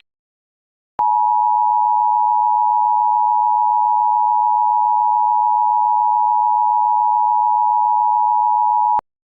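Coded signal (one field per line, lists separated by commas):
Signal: Emergency Alert System (SAME) tones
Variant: 853 and 960 Hz attention tone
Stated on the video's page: Mock EAS alert for a radiological emergency.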